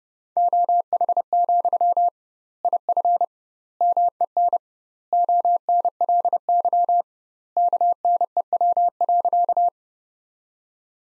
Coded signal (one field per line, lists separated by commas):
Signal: Morse code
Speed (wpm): 30 wpm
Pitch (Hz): 700 Hz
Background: none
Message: OH, IF MEN ONLY KNEW.